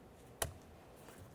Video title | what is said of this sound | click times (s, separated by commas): How to Replace Exterior Door Handle 2001-2005 Ford Explorer Sport Trac | looking at the wiring itself you'll find the area that slides right into it line it up latch it in listen | 0.4 s